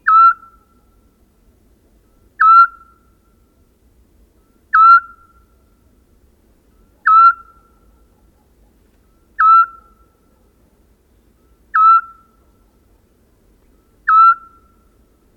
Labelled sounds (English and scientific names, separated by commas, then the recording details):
Eurasian Scops Owl (Otus scops) call
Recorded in the wild
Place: Dumbraveni, Transilvania, RO
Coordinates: 46.23, 24.575
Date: 1973-04-30
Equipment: Nagra III BH, Sennheiser MD 21, parabola
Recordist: Schubert, Michael